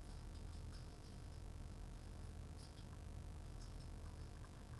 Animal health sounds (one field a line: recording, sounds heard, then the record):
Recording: poultry house recording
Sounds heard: sick chickens (respiratory disease)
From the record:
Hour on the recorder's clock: 16